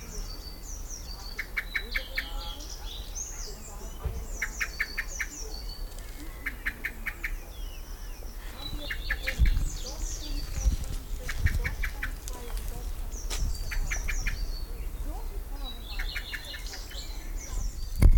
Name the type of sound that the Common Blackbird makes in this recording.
call